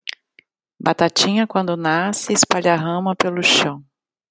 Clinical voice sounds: short text; Brazilian Portuguese; female; 40 to 49 years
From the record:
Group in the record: control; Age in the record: 45 years

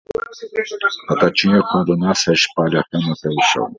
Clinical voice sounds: short text; Brazilian Portuguese; male; 70 to 79 years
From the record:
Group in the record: control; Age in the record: 72 years

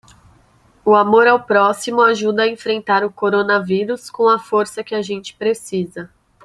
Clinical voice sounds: spoken sentence; Brazilian Portuguese; female; 30 to 39 years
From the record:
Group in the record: control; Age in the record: 31 years

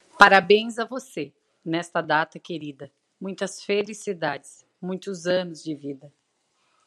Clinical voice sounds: short text; Brazilian Portuguese; female; 40 to 49 years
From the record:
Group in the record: control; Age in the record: 40 years

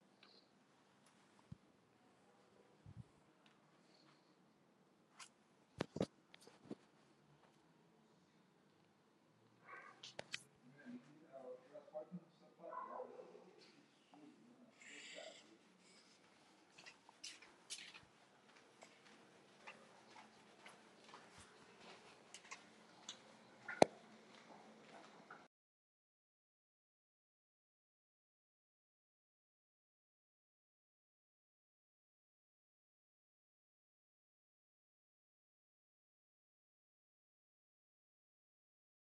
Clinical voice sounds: spoken sentence; Brazilian Portuguese; female; 50 to 59 years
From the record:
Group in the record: control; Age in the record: 56 years

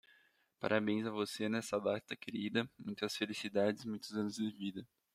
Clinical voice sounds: short text; Brazilian Portuguese; male; 20 to 29 years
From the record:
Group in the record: control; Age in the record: 24 years

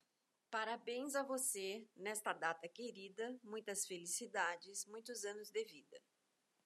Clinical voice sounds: short text; Brazilian Portuguese; female; 60 to 69 years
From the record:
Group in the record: control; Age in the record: 62 years

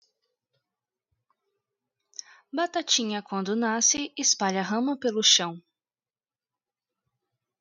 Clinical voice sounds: short text; Brazilian Portuguese; female; 20 to 29 years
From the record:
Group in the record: control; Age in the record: 24 years

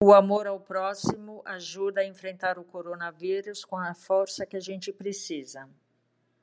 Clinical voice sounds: spoken sentence; Brazilian Portuguese; female; 50 to 59 years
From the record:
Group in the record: control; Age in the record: 58 years

